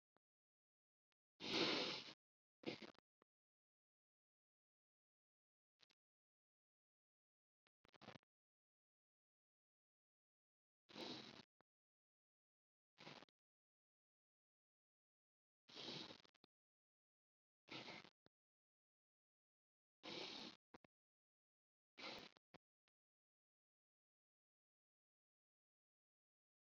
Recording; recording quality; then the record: deep breathing; excellent, no background noise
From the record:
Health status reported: COVID-19 positive, mild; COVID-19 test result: positive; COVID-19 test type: RT-PCR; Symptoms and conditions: cold, sore throat, fever, hypertension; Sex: male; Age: 24 years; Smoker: no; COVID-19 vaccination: both doses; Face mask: not worn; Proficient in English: yes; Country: India